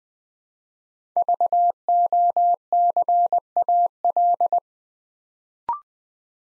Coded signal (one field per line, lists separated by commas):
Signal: Morse code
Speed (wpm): 20 wpm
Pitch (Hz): 700 Hz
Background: none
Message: VOCAL